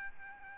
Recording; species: mosquito wingbeat signal from an infrared sensor; Aedes albopictus